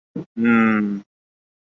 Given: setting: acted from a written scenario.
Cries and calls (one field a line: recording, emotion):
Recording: vocal sound without words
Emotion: pride